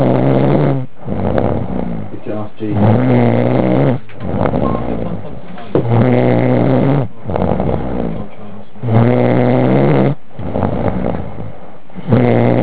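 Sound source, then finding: Adult sleeper. Snoring.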